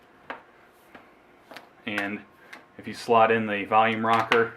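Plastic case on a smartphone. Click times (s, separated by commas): 0.3 s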